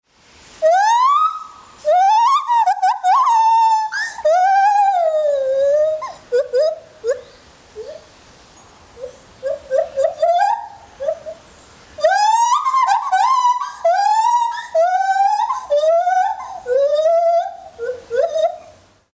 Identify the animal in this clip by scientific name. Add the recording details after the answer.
Hylobates lar. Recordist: Tembrock, Günter. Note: Lautfolgen eines Weibchens